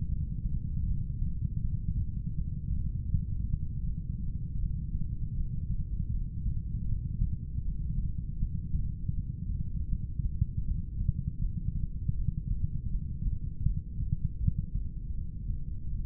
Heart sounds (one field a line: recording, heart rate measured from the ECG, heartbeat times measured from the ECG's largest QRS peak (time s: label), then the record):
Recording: heart sounds by stethoscope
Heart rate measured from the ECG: 80 bpm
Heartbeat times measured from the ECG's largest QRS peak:
0.13 s: heartbeat
0.89 s: heartbeat
1.64 s: heartbeat
2.38 s: heartbeat
3.12 s: heartbeat
3.87 s: heartbeat
4.61 s: heartbeat
5.37 s: heartbeat
6.13 s: heartbeat
6.89 s: heartbeat
7.66 s: heartbeat
8.41 s: heartbeat
9.17 s: heartbeat
9.91 s: heartbeat
10.68 s: heartbeat
11.43 s: heartbeat
12.18 s: heartbeat
12.93 s: heartbeat
13.68 s: heartbeat
14.43 s: heartbeat
15.17 s: heartbeat
15.91 s: heartbeat
From the record:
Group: heart failure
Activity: breath hold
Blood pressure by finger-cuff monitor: 100/76 mmHg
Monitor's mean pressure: 83 mmHg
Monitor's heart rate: 80 bpm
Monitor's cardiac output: 4.2 L/min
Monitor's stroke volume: 53 mL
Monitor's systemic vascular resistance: 1410 dyn s/cm5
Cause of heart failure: idiopathic cardiomyopathy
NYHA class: 3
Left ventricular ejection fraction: 21%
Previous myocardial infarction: absent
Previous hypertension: absent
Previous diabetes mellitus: absent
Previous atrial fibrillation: absent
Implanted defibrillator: absent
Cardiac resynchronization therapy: present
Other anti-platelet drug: absent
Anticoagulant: apixaban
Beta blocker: bisoprolol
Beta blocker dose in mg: 5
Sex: male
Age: 59 years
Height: 173 cm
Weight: 70 kg